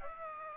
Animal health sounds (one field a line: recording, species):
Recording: mosquito wingbeat signal from an infrared sensor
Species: Aedes aegypti